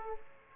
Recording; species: mosquito wingbeat signal from an infrared sensor; Aedes aegypti